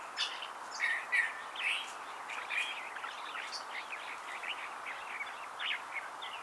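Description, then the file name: California thrasher song: a few louder slurred phrases at the start, then a fainter, rapid stream of varied notes under noticeable background noise. "Toxostoma redivivum - California Thrasher"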